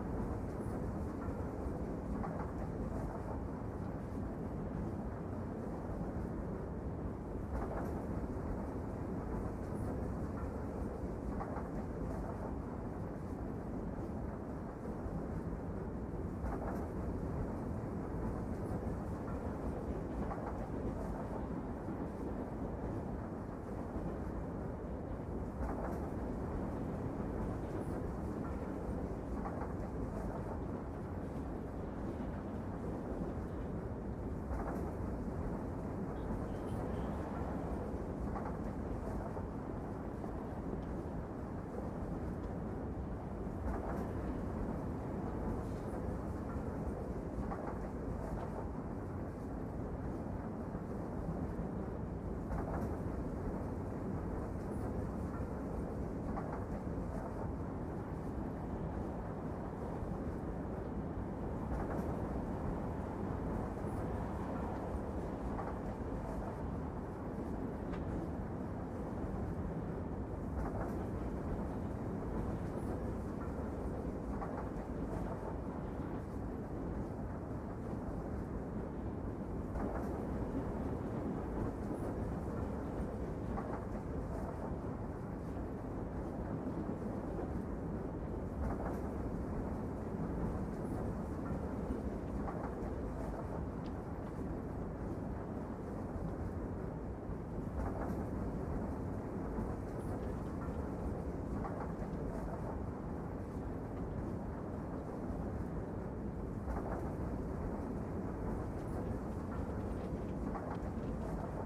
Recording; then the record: background sound without coughing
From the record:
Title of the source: Train Ride Ambience ambient white noise for sleeping, focus, studying, reading